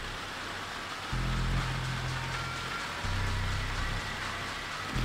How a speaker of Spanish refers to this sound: Y diciendo, va a llover. Y el agua empezó a muy tempranamente, o sea, muy temprano empezó el agua y yo dije, wow.